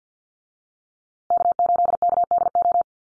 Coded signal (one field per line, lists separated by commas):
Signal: Morse code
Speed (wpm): 50 wpm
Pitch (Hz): 700 Hz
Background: none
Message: K8KDO